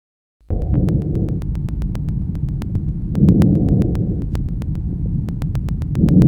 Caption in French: Le murmure vésiculaire normal. Il s'agit d'un son doux, de basse tonalité, entendu à la périphérie du poumon et essentiellement inspiratoire.